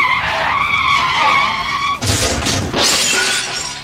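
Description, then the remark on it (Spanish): Car tires screech loudly in a sustained, high-pitched squeal for about two seconds, then a harsh burst of crunching and shattering follows as the skid ends. “18 kilos de avellanas son suficientes para parar un coche.”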